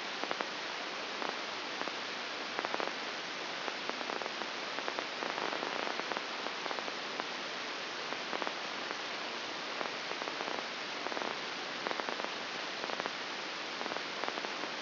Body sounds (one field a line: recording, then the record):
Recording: brain microelectrode recording played as sound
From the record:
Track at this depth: outside the subthalamic nucleus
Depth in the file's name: 8.06 mm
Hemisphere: left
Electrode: 2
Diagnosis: Parkinson's disease